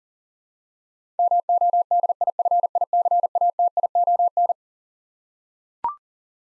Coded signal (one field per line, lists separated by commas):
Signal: Morse code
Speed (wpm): 40 wpm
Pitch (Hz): 700 Hz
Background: none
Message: MODIFICATION